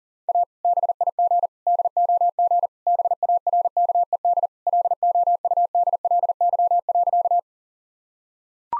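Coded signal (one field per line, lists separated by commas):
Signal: Morse code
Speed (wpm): 37 wpm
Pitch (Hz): 700 Hz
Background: none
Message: A BIG DOG BARKED LOUDLY.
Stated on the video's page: Morse practice at 40 wpm: sentences built from common two-word phrases, each sent twice for head-copy training.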